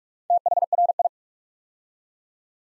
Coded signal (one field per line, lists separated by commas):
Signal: Morse code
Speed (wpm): 44 wpm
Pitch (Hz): 700 Hz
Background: none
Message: THRI